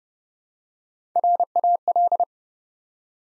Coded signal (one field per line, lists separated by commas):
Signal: Morse code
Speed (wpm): 30 wpm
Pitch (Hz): 700 Hz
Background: none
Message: RAL